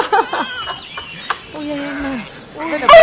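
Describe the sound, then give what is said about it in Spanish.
A person imitates a turkey gobble: a quick, rattling warble of throaty notes, followed by a long, wavering, drawn-out tone, and a brief louder vocal burst at the very end. “Che, ese es un pavo, ¿cómo nunca viste un pavo?”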